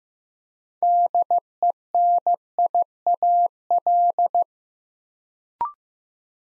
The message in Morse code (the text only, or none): DENIAL